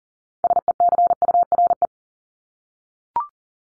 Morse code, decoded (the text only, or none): SECURE